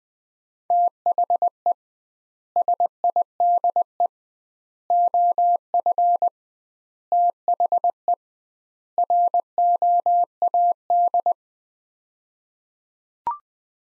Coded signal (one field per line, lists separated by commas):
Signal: Morse code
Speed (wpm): 20 wpm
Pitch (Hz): 700 Hz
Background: none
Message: THE SIDE OF THE ROAD